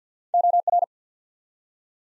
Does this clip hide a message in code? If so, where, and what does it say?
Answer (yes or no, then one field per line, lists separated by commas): yes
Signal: Morse code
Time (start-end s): 0.3-0.8 s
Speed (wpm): 53 wpm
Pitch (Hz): 700 Hz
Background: none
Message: OR